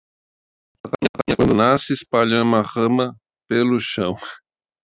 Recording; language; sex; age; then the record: short text; Brazilian Portuguese; male; 60 to 69 years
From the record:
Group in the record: control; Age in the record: 60 years